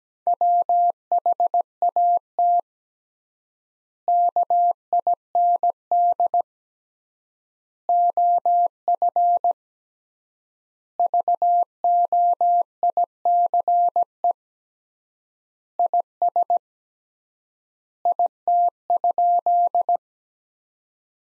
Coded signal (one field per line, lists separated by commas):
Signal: Morse code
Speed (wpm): 17 wpm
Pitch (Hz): 700 Hz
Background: none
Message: WHAT KIND OF VOICE IS IT?